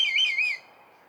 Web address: sound Red-kite. صدای-پرنده-کورکور-حنایی